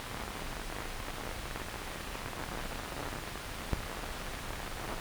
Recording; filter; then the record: brain microelectrode recording played as sound; wide band, above 20 Hz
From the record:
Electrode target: subthalamic nucleus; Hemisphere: left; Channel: 1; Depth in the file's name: 0.251 mm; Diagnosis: Parkinson's disease